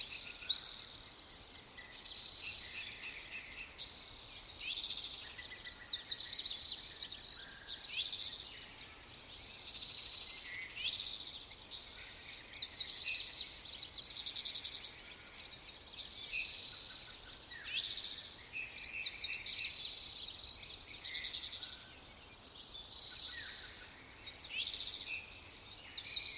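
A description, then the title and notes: A dense dawn chorus of many birds singing at once, a steady high twittering wash with no pause. A louder, sharper call cuts through about every three to four seconds, and a faint low rumble sits underneath throughout. Dawn Chorus near Forde Lake. From the 0419 am First light through Sunrise, I wanted to know what the dawn sounded like to a tree. Hanging a pair of small omni in "tree ears" fashion about 6 feet up in a young Ponderosa Pine, we discovered that Lazuli Bunting and Spotted Towhee were in extreme abundance in the immediately proximate area.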